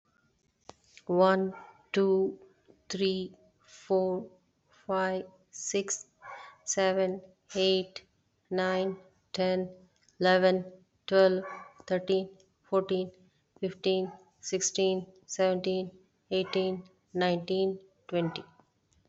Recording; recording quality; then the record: counting at a normal pace; excellent, no background noise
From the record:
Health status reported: COVID-19 positive, mild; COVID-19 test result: positive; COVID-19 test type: RT-PCR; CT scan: not taken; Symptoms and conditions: cough, cold, sore throat, fever, fatigue, muscle pain, diabetes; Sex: female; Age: 49 years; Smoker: no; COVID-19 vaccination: both doses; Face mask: worn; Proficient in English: yes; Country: India